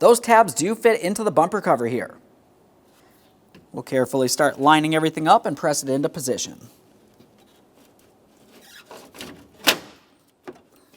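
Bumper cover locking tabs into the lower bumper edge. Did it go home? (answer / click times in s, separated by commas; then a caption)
yes / 9.7 s. Someone talks while lining up the bumper cover on a 2011-2020 Toyota Sienna, then presses it into position so its plastic locking tabs snap into the bumper along the bottom edge. After a few faint handling sounds, a sharp click at 9.7 s marks the tabs seating, followed by a small knock.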